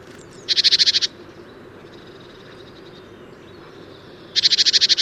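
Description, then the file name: Great tit chatter calls: two short bursts of rapid, buzzy, evenly spaced high notes, separated by a few seconds of quiet background hiss. "Parus major"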